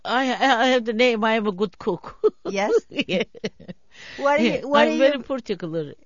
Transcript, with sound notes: I have the name, I am a good cook. ( she laughs )
Yes?
Yes, I'm very particular.